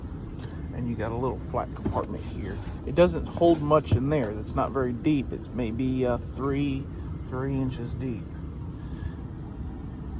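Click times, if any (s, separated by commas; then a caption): none. In the cab of a 2021 Ram Bighorn eTorque pickup, the rear seat cushion is being handled as it is flipped up toward its upright, latched position. Someone talks over a low steady background rumble. Nothing has seated or clicked yet by the end of the clip.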